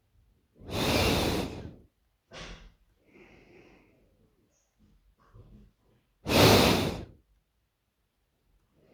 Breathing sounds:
nose breathing near a microphone
0.53-1.69 s: exhalation
2.78-4.38 s: inhalation
6.17-7.07 s: exhalation
8.49-8.94 s: inhalation
From the record:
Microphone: phone

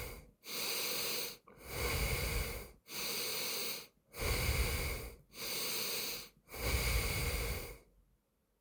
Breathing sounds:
nose breathing near a microphone
0.07-1.32 s: inhalation
1.32-2.52 s: exhalation
2.52-3.87 s: inhalation
3.87-5.07 s: exhalation
5.07-6.27 s: inhalation
6.27-7.77 s: exhalation
From the record:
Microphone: phone

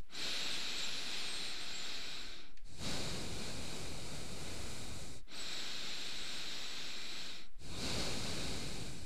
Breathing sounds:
nose breathing near a microphone
0.00-2.58 s: inhalation
2.58-5.18 s: exhalation
5.18-7.50 s: inhalation
7.50-9.06 s: exhalation
From the record:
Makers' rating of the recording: medium

